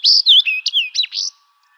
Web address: Radio Sound Files Current 2011-April 20110421 Fox Sparrow